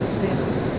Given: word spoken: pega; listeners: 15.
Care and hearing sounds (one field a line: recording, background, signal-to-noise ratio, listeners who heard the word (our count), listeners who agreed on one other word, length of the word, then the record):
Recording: one Spanish word in noise, from a listening test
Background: speech-shaped noise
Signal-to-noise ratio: -7.0 dB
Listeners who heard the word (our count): 1 of 15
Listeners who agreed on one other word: 7 of 15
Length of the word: 0.39 s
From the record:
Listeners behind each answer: 7, 1, 1, 1, 1, 1, 1, 1, 1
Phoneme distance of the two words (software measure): 20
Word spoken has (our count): 2 syllables, 4 phonemes, stress on syllable 1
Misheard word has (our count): 2 syllables, 4 phonemes, stress on syllable 1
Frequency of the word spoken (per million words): 7.40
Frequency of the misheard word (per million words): 44.48